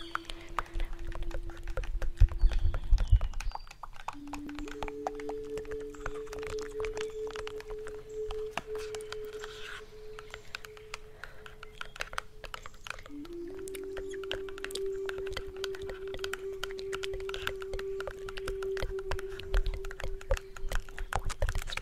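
A native flute holds long, low, steady notes, stepping up in pitch around four seconds and again near thirteen seconds. Dense crackling clicks run through the whole piece, and a soft low rumble sits under the opening few seconds.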